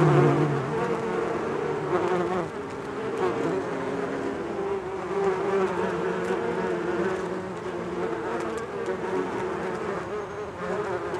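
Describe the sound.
Bees humming, with a louder buzz at the start, then a steady layered drone.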